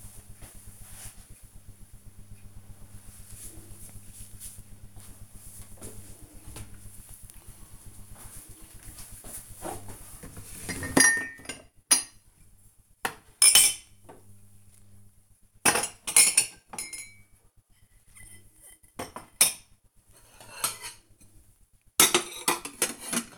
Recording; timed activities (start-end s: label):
household activities, microphone on the right wrist
5.32-23.38 s: putting away the dishes